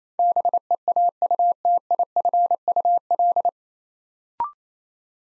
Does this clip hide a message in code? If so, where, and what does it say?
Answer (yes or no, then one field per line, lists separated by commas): yes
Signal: Morse code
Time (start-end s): 0.2-3.5 s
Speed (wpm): 29 wpm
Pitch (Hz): 700 Hz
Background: none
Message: BEAUTIFUL